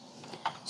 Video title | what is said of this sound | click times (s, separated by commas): New VS. Old - Snoopy Sno-Cone Showdown - Which is machine better? - CollectPeanuts.com | I think that's locked in | 0.5 s